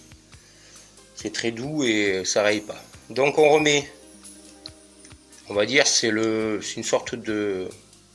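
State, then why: Not seated. After cleaning, a lens is handled for refitting onto a GoPro action camera during its night-vision conversion while someone talks throughout. Nothing has seated or clicked into place yet.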